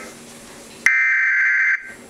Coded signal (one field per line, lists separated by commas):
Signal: Emergency Alert System (SAME) tones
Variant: header bursts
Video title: EAS Tornado Warning For Macomb Co. MI 8-19-2010.